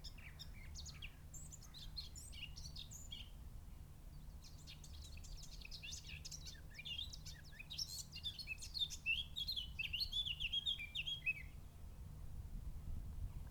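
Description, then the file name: Eurasian blackcap giving quick, scratchy high-pitched notes, then a faster warbled phrase, over a steady low rumble of background noise. "Sylvia atricapilla"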